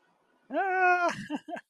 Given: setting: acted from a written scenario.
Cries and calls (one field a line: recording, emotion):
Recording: vocal sound without words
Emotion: amusement